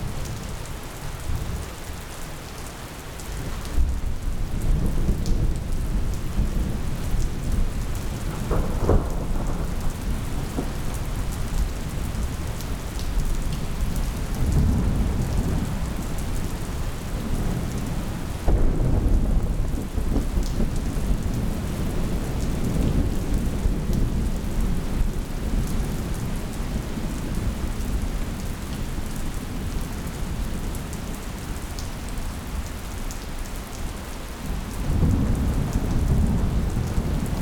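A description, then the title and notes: Monsoon thunderstorm with steady heavy rain and deep rolling thunder swelling repeatedly, loudest rumbles around ten, eighteen and thirty-five seconds. Sounds of the Monsoon Thunderstorm.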